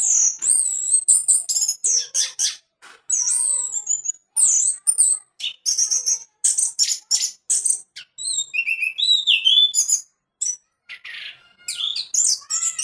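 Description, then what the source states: Orange-headed Thrush singing a long, fast medley of sweet whistled notes, slurred trills and scratchy chips, with only brief pauses. Song; called anis merah locally.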